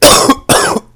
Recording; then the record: coughing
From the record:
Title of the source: Coughing 79